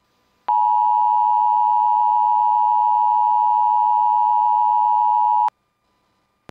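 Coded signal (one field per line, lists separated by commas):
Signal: Emergency Alert System (SAME) tones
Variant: 853 and 960 Hz attention tone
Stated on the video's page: Georgia Required Monthly Test received via the KPL20 relay rather than directly from WZGC.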